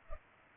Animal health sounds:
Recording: mosquito wingbeat signal from an infrared sensor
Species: Culex pipiens

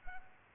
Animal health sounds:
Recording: mosquito wingbeat signal from an infrared sensor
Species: Culex pipiens

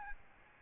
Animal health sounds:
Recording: mosquito wingbeat signal from an infrared sensor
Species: Aedes albopictus

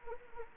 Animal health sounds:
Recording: mosquito wingbeat signal from an infrared sensor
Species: Anopheles gambiae

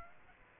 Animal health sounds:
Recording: mosquito wingbeat signal from an infrared sensor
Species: Aedes aegypti

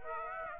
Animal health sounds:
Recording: mosquito wingbeat signal from an infrared sensor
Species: Aedes aegypti

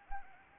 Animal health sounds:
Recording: mosquito wingbeat signal from an infrared sensor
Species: Anopheles arabiensis

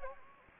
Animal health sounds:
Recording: mosquito wingbeat signal from an infrared sensor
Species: Anopheles gambiae

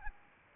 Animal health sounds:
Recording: mosquito wingbeat signal from an infrared sensor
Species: Aedes albopictus

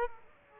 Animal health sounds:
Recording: mosquito wingbeat signal from an infrared sensor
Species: Aedes aegypti

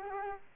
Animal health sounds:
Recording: mosquito wingbeat signal from an infrared sensor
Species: Culex quinquefasciatus

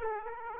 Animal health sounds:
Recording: mosquito wingbeat signal from an infrared sensor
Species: Aedes aegypti

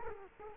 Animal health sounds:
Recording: mosquito wingbeat signal from an infrared sensor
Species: Culex quinquefasciatus

